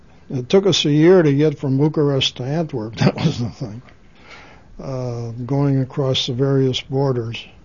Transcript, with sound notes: It took us a year to get from Bucharest to Antwerp, that was the thing. ( he laughs ) Uh, going across the various borders.